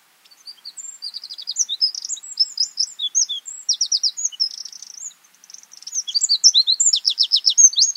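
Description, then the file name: Eurasian wren singing a fast, high-pitched jumble of sharp notes and rippling trills, pausing briefly midway before a loud final burst. "Troglodytes troglodytes"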